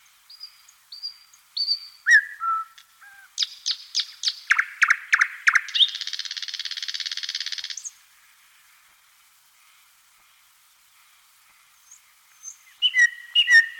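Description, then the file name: Thrush nightingale song with high whistles and low notes, a burst of hard repeated chocks, then a long dry rattling trill of about two seconds, followed by a long quiet gap and a few final notes. "Solovej obyknovennyj Luscinia luscinia - Penie"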